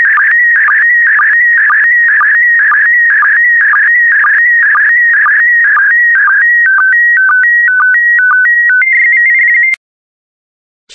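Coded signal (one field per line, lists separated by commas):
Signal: SSTV (slow-scan television)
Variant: PD120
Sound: steady warbling tone near 2 kHz with quick regular low blips, then stepped tones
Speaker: the next image transmission will start in 10 seconds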